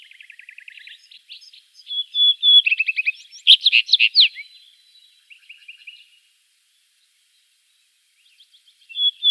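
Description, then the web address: Rufous-tailed rock thrush song: soft rapid trill, then loud varied phrase of whistles and buzzy notes, fading into quieter chatter and a brief whistle at the close. "Schulze Peter Rufous-tailed Rock-Thrush song"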